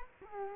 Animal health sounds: mosquito wingbeat signal from an infrared sensor; Culex quinquefasciatus

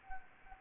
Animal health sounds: mosquito wingbeat signal from an infrared sensor; Anopheles gambiae

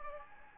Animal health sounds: mosquito wingbeat signal from an infrared sensor; Anopheles gambiae

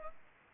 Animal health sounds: mosquito wingbeat signal from an infrared sensor; Culex pipiens

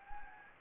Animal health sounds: mosquito wingbeat signal from an infrared sensor; Anopheles gambiae

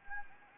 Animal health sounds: mosquito wingbeat signal from an infrared sensor; Anopheles gambiae

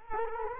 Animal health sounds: mosquito wingbeat signal from an infrared sensor; Culex quinquefasciatus

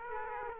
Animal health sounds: mosquito wingbeat signal from an infrared sensor; Aedes aegypti

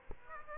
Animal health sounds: mosquito wingbeat signal from an infrared sensor; Aedes aegypti

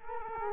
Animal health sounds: mosquito wingbeat signal from an infrared sensor; Culex quinquefasciatus

